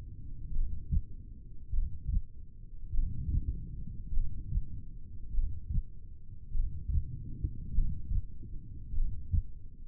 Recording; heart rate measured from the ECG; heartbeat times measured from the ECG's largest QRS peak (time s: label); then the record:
heart sounds by stethoscope; 50 bpm
0.55 s: heartbeat
1.75 s: heartbeat
2.95 s: heartbeat
4.16 s: heartbeat
5.36 s: heartbeat
6.56 s: heartbeat
7.76 s: heartbeat
8.96 s: heartbeat
From the record:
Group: heart failure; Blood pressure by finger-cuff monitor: 117/64 mmHg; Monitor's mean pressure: 83 mmHg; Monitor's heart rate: 50 bpm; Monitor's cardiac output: 4.6 L/min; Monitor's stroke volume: 93 mL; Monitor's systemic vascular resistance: 1310 dyn s/cm5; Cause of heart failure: cardiac sarcoid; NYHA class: 1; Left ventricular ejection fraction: 39%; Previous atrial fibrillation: present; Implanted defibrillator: present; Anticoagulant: apixaban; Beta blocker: carvedilol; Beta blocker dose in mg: 50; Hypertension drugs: ramipril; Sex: male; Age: 79 years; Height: 184 cm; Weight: 92.5 kg